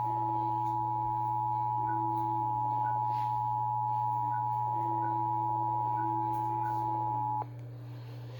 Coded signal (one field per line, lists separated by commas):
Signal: Emergency Alert System (SAME) tones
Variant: 853 and 960 Hz attention tone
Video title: EAS alerts from June 6-8 2025